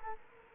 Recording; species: mosquito wingbeat signal from an infrared sensor; Culex quinquefasciatus